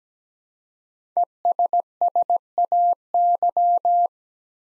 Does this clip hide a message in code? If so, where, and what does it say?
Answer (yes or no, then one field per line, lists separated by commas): yes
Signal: Morse code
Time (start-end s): 1.2-4.1 s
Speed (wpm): 17 wpm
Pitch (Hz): 700 Hz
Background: none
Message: ESSAY